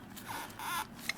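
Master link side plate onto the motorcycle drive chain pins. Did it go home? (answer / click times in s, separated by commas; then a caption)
yes / 1.1 s. A steel master link side plate is squeezed onto the pins of a 520 motorcycle drive chain on a Suzuki DR650 during a 520 chain and sprocket conversion. Rough, squeaky metal rubbing builds from 0.3 to 0.8 s, then a sharp, short click at 1.1 s marks the plate clicking home, fully seated.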